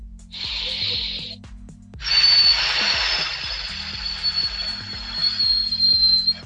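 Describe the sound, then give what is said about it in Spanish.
A short breathy rush of air, then a long, slow exhale through pursed lips, done as a breathing exercise, carrying a thin, high whistling tone, over soft low background music with no talking. “Y luego vamos a ir soltando el aire despacio por nuestra boca, como si estuviéramos silbando.”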